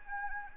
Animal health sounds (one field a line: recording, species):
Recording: mosquito wingbeat signal from an infrared sensor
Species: Anopheles arabiensis